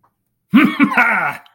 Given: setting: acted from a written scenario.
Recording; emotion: vocal sound without words; triumph